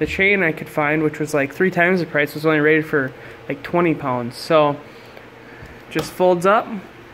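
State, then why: Not seated. Someone talks while a homemade folding garbage-bag holder, apparently wood with picture-frame wire, is handled and folded up toward its locked stowed position, with a low steady hum underneath. The clip ends before the frame locks into place, and nothing has seated or clicked yet.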